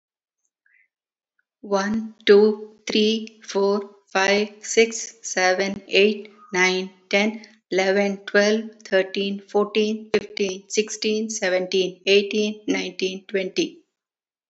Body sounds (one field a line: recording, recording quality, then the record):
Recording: counting at a normal pace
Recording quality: excellent, no background noise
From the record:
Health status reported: healthy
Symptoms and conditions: diabetes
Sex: female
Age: 64 years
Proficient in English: yes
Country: India